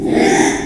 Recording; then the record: squeal of a Yucatan mini pig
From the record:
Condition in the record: after surgery on the right vocal fold (resection and tissue-engineered implant); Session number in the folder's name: 3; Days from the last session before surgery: 33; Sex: male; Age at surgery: 12 weeks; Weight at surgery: 13 kg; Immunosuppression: cyclosporine, prednisolone